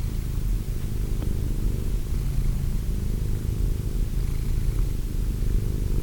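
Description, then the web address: Cat purr, a dense low rumble with faint rhythmic swells and an occasional small tick. Cat named Wilson. "~pelikas CATSOUNDS Wilson Cat"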